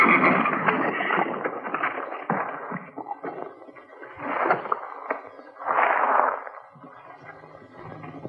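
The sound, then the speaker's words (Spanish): Stagecoach horses snort and whinny amid a busy clatter of hooves, with two louder bursts of neighing standing out over the rough, continuous scuffling noise. “¡Tico, desengancha los caballos delanteros!”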